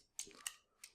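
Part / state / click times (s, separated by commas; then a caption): plastic section of a transforming toy, snapping into the toy body / seated / 0.2 s. A plastic section of a transforming toy is moved up into the toy body and snaps into place with a sharp plastic click at 0.2 s. Fainter clicks follow, with a second bright snap near 0.5 s and a lighter tick near 0.8 s. The part is seated.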